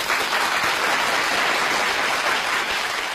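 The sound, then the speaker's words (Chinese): Warm, sustained applause from an audience at a launch event welcoming guests, including patient and audience representatives: a dense steady patter of many hands clapping at an even loudness for the whole stretch, with no voices over it. “以及来到我们现场的10位患者代表和听众代表，让我们用热烈掌声欢迎他们的到来。”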